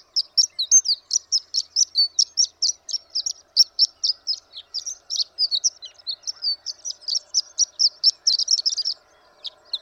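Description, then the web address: Horned lark song: rapid, high, twittering notes in a long continuous stream, tapering off into a few scattered notes near the end. "birdsongforthecurious Horned Lark"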